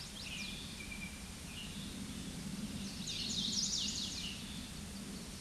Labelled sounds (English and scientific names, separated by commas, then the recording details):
Hooded Warbler (Setophaga citrina) song
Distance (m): 25 m
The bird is about 5 m below the microphone
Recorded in a Pennsylvania forest on 16 May 2024 at 07:20
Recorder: AudioMoth, point MSD-2163
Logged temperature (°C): 16.1 °C
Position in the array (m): 166 m, 116 m